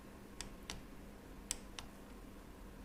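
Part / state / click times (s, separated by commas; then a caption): torque wrench on rocker cover bolt / torque reached / 1.5 s. A torque wrench set to 10 Nm tightens a rocker cover bolt on a Yamaha XJ900F motorcycle engine. Short, sharp ticks are heard at about 0.4, 0.7 and 1.8 seconds. The loudest, brief click of the wrench reaching its setting comes at 1.5 seconds, confirming the bolt is torqued.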